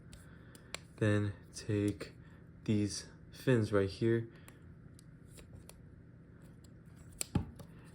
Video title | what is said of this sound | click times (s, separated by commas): Unboxing review: Transformers One: Sentinel Prime | Then bring up the nose cone until this snaps into place. | 0.7 s